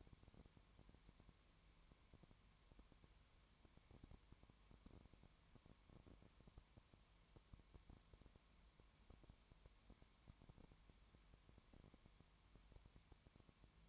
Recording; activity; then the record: daily activity, microphone in the room; no activity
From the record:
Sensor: 3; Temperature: 20.1 degrees Celsius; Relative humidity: 31.4%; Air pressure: 1001.3 hPa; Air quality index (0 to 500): 74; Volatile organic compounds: 1 ppm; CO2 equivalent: 698 ppm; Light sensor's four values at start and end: 2/3/2/2 and 2/3/2/2